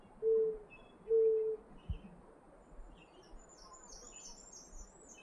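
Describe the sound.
Mourning dove cooing: two low, steady, hollow notes about a second apart, then quiet with faint high bird chips in the background.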